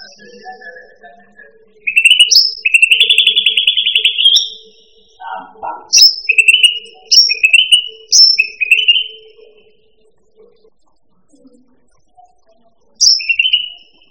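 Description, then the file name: Cucak rante song: bursts of buzzy, trilled phrases near mid-high pitch with sharp higher notes, separated by pauses; a faint low hum runs underneath. "suara burung cucak rante. omkicau"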